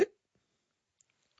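A single brief, sharp hiccup from an adult caller heard over a phone line, a sudden involuntary catch of breath, followed by near silence.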